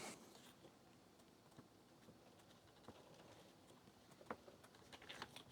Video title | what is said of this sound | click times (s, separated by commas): Troubleshooting a 360k floppy drive (Fujitsu M2551A) | Oh boy. Well, that just stripped out. Great. | 4.3 s